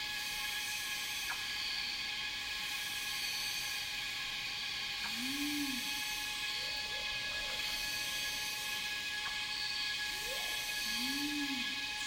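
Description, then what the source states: Cicadas in a shrill, sustained chorus that pulses in slow waves, with repeated low arched bird hoots and brief clicks. Cicadas in a rainforest, recorded together with birds.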